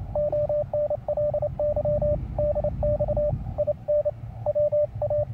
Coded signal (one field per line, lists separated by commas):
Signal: Morse code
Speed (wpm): 27 wpm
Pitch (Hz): 590 Hz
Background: radio noise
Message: ONLY DX IN WA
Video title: Testing The Spiderbeam 12m Telescopic Fiberglass Antenna Mast.